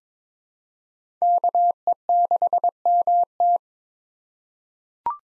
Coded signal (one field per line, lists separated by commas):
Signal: Morse code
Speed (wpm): 21 wpm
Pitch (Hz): 700 Hz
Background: none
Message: KE6MT